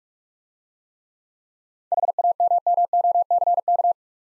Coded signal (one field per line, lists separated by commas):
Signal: Morse code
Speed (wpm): 43 wpm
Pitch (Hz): 700 Hz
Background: none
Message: HAMMOCK